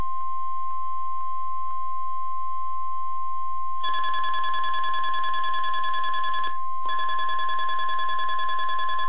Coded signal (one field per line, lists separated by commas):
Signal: Emergency Alert System (SAME) tones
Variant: 1050 Hz attention tone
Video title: Weather Radio EAS No 26 & 27 (Required Weekly and Monthly Test) part 1